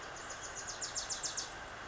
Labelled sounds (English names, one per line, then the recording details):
Bewick's Wren
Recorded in Sonoma County, California